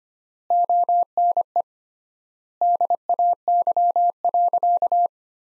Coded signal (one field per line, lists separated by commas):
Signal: Morse code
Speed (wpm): 25 wpm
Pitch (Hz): 700 Hz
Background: none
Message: ONE DAY.